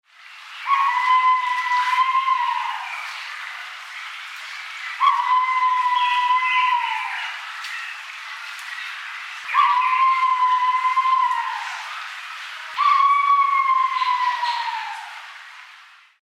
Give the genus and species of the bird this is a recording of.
Otidiphaps nobilis